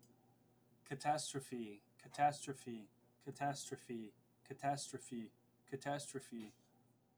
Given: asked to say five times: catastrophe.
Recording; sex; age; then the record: repeated word; male; 20 to 29 years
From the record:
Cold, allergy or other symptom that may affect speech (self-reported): no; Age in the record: 20 years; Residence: Indiana, United States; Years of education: 15